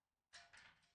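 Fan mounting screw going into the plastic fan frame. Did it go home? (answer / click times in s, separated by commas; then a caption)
no / 0.4 s. A mounting screw is driven into the plastic screw hole of a case fan's frame as the fan is fixed to its mount. A short, bright scraping burst comes at 0.4 s, followed by a quieter grinding tail. The screw strips out the fan's plastic thread.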